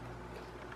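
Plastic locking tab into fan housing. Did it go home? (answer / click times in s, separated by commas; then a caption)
no / none. A plastic locking tab on the housing of a 40 cm, six-blade Mondial fan is handled while being pushed toward its slot during assembly, with steady low rumbling background noise throughout. Nothing has seated or clicked yet; the tab is not yet home.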